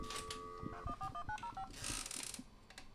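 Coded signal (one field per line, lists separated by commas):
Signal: DTMF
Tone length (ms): 80 ms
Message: 141905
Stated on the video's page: Dial-up sounds from an authentic analog home phone line.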